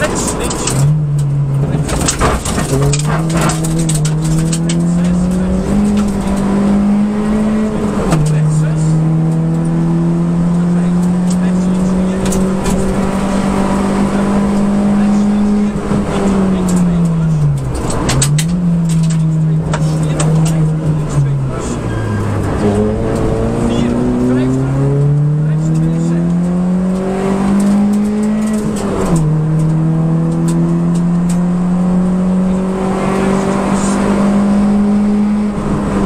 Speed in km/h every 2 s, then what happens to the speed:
60, 62, 77, 93, 102, 113, 121, 128, 91, 68, 52, 50, 69, 88, 98, 111, 122, 127.
0-13 speeds up to 128. 14-21 brakes to 50. 22-33 speeds up to 127.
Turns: 17-23.